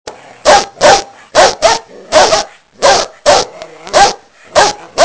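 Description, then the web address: Dog barking in rapid repeated pairs and singles, about a dozen sharp barks in five seconds. "hayvanlar kopek"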